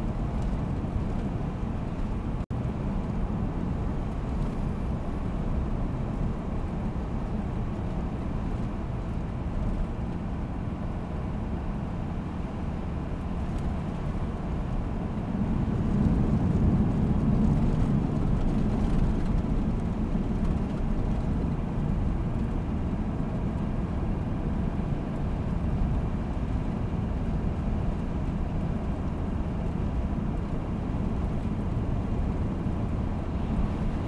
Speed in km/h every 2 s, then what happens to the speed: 86, 86, 86, 87, 86, 85, 85, 85, 85, 84, 83, 82, 82, 82, 82, 82, 83.
0-34 steady at about 85.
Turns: none.